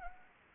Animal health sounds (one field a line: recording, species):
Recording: mosquito wingbeat signal from an infrared sensor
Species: Anopheles arabiensis